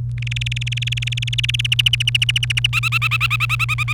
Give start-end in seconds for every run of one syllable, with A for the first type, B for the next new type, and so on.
0.18-1.67 A, 1.72-2.67 B, 2.73-3.93 C